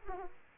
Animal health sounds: mosquito wingbeat signal from an infrared sensor; Aedes aegypti

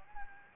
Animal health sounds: mosquito wingbeat signal from an infrared sensor; Anopheles gambiae

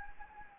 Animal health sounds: mosquito wingbeat signal from an infrared sensor; Anopheles gambiae

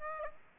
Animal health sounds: mosquito wingbeat signal from an infrared sensor; Aedes aegypti

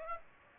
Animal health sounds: mosquito wingbeat signal from an infrared sensor; Aedes aegypti

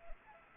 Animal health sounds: mosquito wingbeat signal from an infrared sensor; Anopheles arabiensis

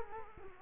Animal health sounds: mosquito wingbeat signal from an infrared sensor; Culex quinquefasciatus

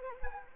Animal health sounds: mosquito wingbeat signal from an infrared sensor; Anopheles arabiensis

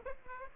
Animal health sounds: mosquito wingbeat signal from an infrared sensor; Aedes aegypti

